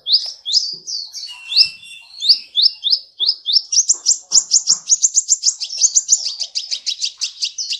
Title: Kicau Kacer